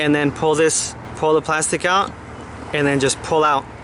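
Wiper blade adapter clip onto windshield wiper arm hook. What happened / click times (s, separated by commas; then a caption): The plastic clip is being handled but has not snapped into place yet / none. Someone talks while handling a plastic windshield wiper blade adapter clip, pulling it onto the metal hook of a truck's wiper arm. Nothing has seated or clicked yet, as the clip is not yet snapped onto the arm.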